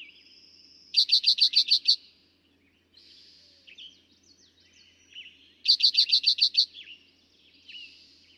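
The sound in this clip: Eastern towhee song, two quick bursts of ringing notes about five seconds apart, with quiet chattering of other birds in between.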